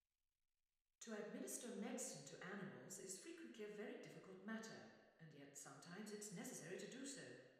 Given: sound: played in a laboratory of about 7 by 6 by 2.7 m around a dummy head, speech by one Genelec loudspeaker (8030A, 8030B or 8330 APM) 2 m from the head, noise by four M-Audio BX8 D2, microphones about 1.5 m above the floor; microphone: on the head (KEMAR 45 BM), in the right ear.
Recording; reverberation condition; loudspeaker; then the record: female speech in English; high; 120 degrees to the right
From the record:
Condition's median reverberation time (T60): about 1300 ms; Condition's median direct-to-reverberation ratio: about -4.0 dB